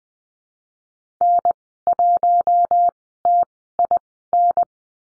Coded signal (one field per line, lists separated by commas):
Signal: Morse code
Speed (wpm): 20 wpm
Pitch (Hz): 700 Hz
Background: none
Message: N1TIN